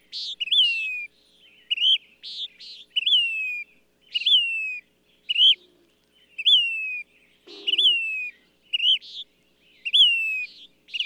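Bird delivering a run of rising-then-falling whistled notes interleaved with rasping buzzes, phrases coming about once a second, with a brief low rasp midway.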